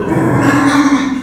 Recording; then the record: squeal of a Yucatan mini pig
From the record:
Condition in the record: after surgery on the right vocal fold (resection and tissue-engineered implant); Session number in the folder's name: 4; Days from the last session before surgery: 26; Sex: female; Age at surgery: 19 weeks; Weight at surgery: 25 kg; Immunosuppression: prednisolone